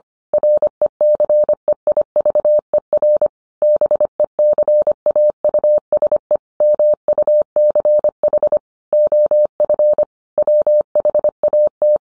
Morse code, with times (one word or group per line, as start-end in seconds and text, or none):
0.3-3.3 RECEIVER
3.6-6.4 BECAUSE
6.6-8.6 MUCH
8.9-10.0 OF
10.4-12.0 WHAT